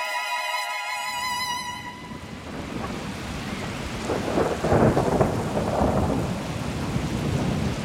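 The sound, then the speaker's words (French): Heavy, torrential rain pours over London at midday on Thursday 23 June 2016 in a dense, steady hiss while deep rolls of thunder swell and rumble through the middle, after a brief fading musical tone at the start. “En milieu de journée, une pluie torrentielle s'abat sur la ville.”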